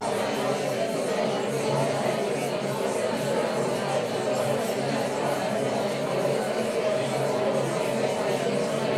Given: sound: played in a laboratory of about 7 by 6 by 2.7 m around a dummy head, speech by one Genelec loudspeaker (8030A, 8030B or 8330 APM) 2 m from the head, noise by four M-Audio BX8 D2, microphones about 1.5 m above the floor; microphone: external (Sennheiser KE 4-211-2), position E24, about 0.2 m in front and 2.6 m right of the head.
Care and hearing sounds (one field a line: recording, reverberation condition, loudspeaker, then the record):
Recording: babble noise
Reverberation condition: medium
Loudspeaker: four, about 170 cm from the corners of the room and facing them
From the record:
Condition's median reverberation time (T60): about 510 ms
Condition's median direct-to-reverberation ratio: about -0.5 dB